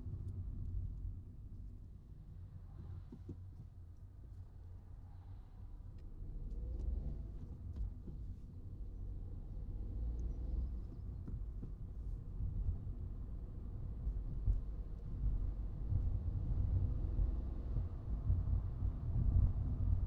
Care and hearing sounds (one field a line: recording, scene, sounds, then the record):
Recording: everyday scene through a hearing-aid microphone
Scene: in a vehicle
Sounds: engine, traffic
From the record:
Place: Skoda Fabia, gasoline engine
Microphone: in the ear canal, right